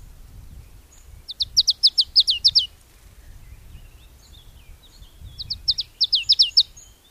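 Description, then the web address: Marsh tit: two short runs of rapid, sharp, descending notes over steady low background rumble, with a few faint thin notes between the runs. "agykontroll Madardalok Cd 1. Barátcinege"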